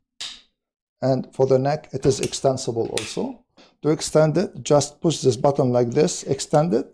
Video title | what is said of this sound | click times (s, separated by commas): Cordless Vacuum Cleaner, 450W 38KPA full review | and then push it gently until it clicks in place | 0.2 s